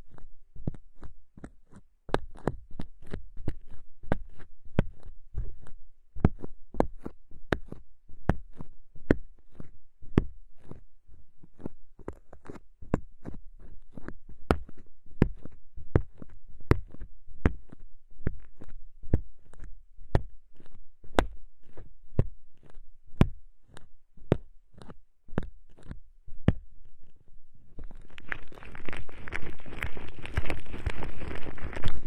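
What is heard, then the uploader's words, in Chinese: Homemade aloe gel massaged over the ears: irregular sticky taps and clicks for most of the clip, then steady dense rubbing near the end. 自制芦荟胶，按摩你的耳朵。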